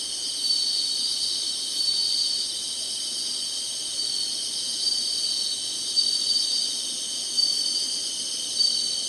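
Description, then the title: Shrill insect chorus, continuous and dense, with occasional short louder bursts rising above the even drone. Summer. "SINGING INSECTS SUMMER"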